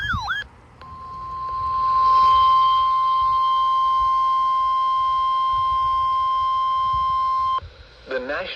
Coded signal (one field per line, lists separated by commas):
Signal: Emergency Alert System (SAME) tones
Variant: 1050 Hz attention tone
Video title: (Missed header) KXI42 Severe Thunderstorm Watch #623 10/18/25 EAS #506